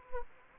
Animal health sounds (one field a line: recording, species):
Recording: mosquito wingbeat signal from an infrared sensor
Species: Anopheles gambiae